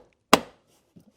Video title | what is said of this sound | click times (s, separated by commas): How to Replace the Hybrid Battery Filter on a 2020–2025 Toyota Corolla Hybrid | That's pretty much it. Um it snaps back in the place. | 0.3 s